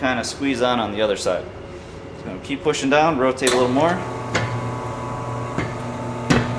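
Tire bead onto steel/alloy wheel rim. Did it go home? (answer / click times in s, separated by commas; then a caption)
no / none. A rubber tire bead is pushed down into the drop centre of a steel/alloy wheel rim as the tire changer rotates, with someone talking over a steady machine hum and a few sharp knocks. Nothing has popped over the rim flange or seated yet; the clip ends just before the bead goes home.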